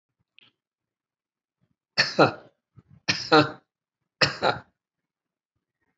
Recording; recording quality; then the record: shallow voluntary cough; excellent, no background noise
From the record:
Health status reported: healthy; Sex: male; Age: 63 years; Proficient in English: yes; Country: India